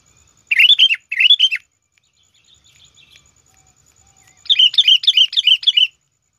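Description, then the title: Sooty-headed bulbul singing two bubbly, rolling notes, then after a pause a quick run of several similar chirpy notes. "Kutilang"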